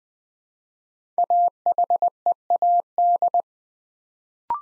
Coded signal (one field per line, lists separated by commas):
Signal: Morse code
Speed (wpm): 20 wpm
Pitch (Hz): 700 Hz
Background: none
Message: AHEAD